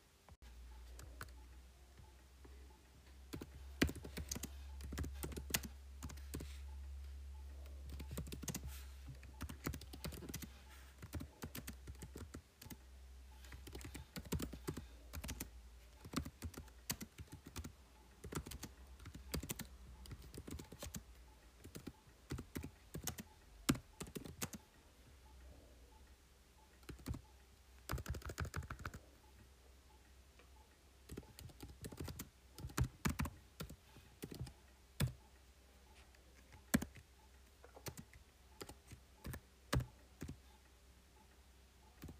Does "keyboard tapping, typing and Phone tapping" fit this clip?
yes